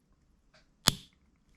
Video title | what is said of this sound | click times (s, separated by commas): Installer un moteur électrique sur un KAYAK (motorguide Xi3) | vous entendez un clic | 0.9 s